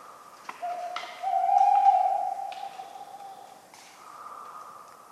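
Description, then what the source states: Tawny owl hoot, a long loud held tone with soft higher notes before and after and a few sharp ticks. A talkative owl on a cold autumn night, 11 November 1995, at the Ménigoute ornithological film festival, France, with acorns falling regularly.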